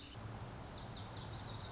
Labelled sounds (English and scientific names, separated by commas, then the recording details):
Lazuli Bunting (Passerina amoena)
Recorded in Sonoma County, California